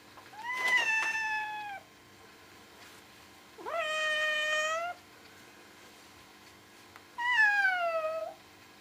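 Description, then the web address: Cat meowing, three drawn-out meows, each just over a second long, separated by pauses of about two seconds. "parson. Cat"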